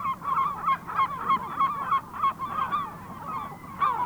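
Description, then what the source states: Herring Gull calling, a rapid series of nasal yelping notes about three times a second, ending with a louder cry. Field recording, Sweden.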